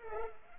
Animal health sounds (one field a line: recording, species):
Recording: mosquito wingbeat signal from an infrared sensor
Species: Culex pipiens